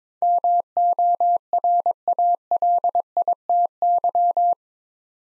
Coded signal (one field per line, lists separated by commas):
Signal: Morse code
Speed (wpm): 22 wpm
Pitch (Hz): 700 Hz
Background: none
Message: MORALITY